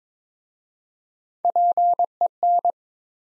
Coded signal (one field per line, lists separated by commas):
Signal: Morse code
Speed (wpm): 22 wpm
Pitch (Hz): 700 Hz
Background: none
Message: PEN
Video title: Easy Words with Hints - 22wpm